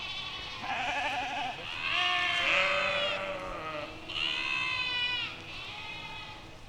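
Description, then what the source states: Sheep bleats, a few long wavering calls one after another, over a faint background hiss. A flock of sheep in a park.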